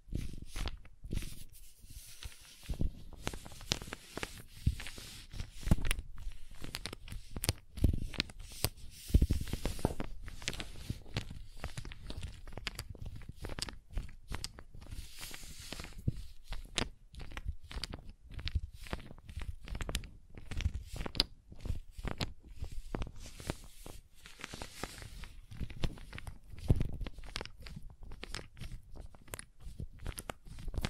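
Crayons tap, scrape and carve in a dense, irregular stream of short clicks and scratchy strokes that run the full half minute without pause. The strokes are dry and crisp, some sharper ticks standing out, with a sharp knock near nine seconds.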